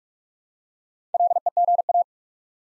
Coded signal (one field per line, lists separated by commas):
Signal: Morse code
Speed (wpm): 48 wpm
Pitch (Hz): 700 Hz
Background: none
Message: LEGA